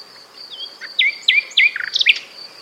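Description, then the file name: Common nightingale song: three loud whistles spaced evenly, then a quick rattling flourish and a sharp high note, over a continuous high hum. "Luscinia megarhynchos"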